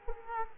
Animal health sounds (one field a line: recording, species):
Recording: mosquito wingbeat signal from an infrared sensor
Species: Culex quinquefasciatus